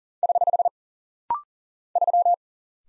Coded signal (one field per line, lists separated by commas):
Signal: Morse code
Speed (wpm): 40 wpm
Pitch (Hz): 700 Hz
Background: none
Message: <HH> 3